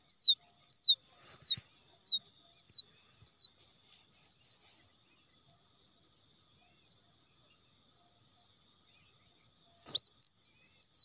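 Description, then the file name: Quail chick peeping with high descending notes that fade and stop, then a few more peeps resume after a long silence. Quail chick calling for its mother after becoming lost from the flock. "tieng cut non keu goi me lac dan chuan"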